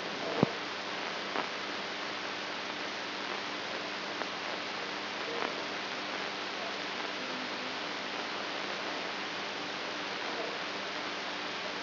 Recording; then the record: brain microelectrode recording played as sound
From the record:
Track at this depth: outside the subthalamic nucleus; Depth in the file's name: 6.706 mm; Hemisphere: right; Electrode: 2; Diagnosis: Parkinson's disease